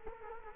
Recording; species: mosquito wingbeat signal from an infrared sensor; Culex quinquefasciatus